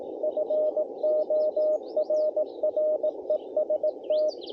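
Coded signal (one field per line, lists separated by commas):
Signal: Morse code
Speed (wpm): 20 wpm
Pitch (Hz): 620 Hz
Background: none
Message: FORREST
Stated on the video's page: CW Parks on the Air activation using an Elecraft KH1.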